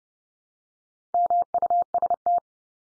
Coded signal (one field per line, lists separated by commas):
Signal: Morse code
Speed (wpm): 30 wpm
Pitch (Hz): 700 Hz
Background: none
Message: MUST